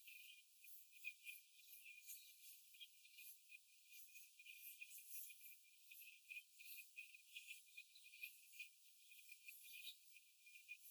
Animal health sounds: young laying hens in a cage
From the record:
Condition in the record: before the stressor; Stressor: simulated dog barking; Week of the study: 4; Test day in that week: 1

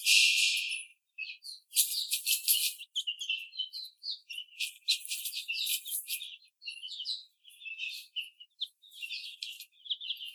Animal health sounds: young laying hens in a cage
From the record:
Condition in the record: after the stressor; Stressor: simulated dog barking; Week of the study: 4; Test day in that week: 2

